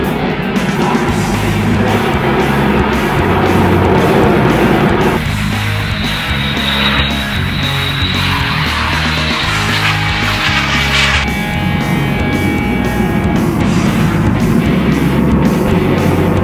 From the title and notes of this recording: Turning jet fuel into noise, we bring you the F-22 Raptor demo at SUN ‘n FUN 2014.